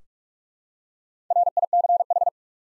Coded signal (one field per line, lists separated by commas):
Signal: Morse code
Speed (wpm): 46 wpm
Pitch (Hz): 700 Hz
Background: none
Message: RICH